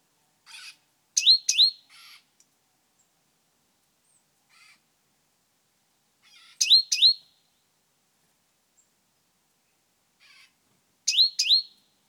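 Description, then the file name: Great tit giving paired, ringing notes that dip then rise, repeated in short bursts about every five seconds, with soft ticking notes between. "Parus major"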